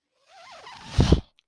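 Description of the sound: A brief mechanical sound: a faint wavering whine rises for under a second, then a short low thumping puff of air lasts about a quarter second. It is the noise of a home mechanical ventilator cycling, picked up by a nearby microphone.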